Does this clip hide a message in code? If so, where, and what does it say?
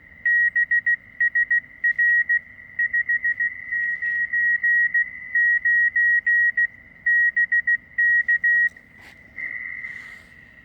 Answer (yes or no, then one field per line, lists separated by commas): yes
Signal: Morse code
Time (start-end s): 0.3-8.7 s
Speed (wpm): 16 wpm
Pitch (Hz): 1900 Hz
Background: none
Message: BS R 599 BK